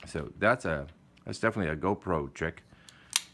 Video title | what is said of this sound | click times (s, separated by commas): GoPro 3 Way Knock Off - COASTAL ECLIPSE™ 3 WAY GRIP - Unboxing/Review | So you can actually hear it, right? Click. | 3.2 s